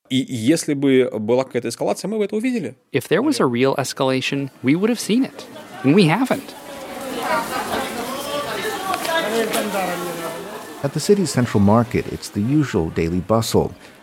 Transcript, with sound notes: If there was a real escalation, we would have seen it, and we haven't.
(SOUNDBITE OF MARKET AMBIENCE) At the city's central market, it's the usual daily bustle.